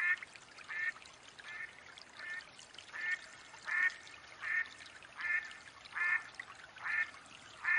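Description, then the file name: Mallard quacks, a steady series of about eleven harsh, nasal single notes a little under a second apart, over faint background hiss. Female hen mallard quacking call. "Mallard duck quacking call sounds Female Hen"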